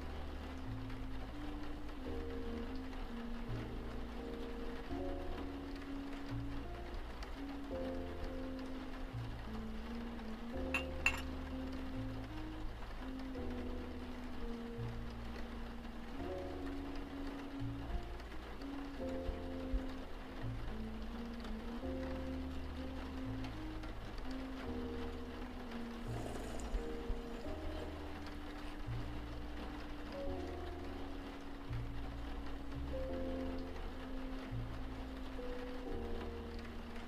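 Soft jazz plays steadily at low volume, a walking bass and mellow chords shifting every second or two, under a constant hiss of gentle rain. A brief bright clink sounds around eleven seconds, and another faint one near twenty-six.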